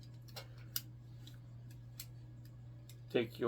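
A button on a plastic transforming toy figure is pressed to release its spring-loaded tail, which pops open with a sharp click at 0.8 s. Fainter ticks come before and after it over a steady low hum, and someone starts talking at the end.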